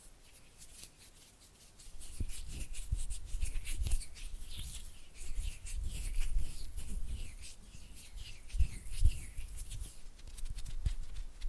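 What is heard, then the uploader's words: Slick hand sounds: skin rubbing and fluttering fingers make dense, rapid rasping strokes, quiet for the first two seconds and then steady throughout. The texture is bright and airy with soft low thumps from the hands. ASMR Oily Hand and Flutter Finger Sounds (No Talking).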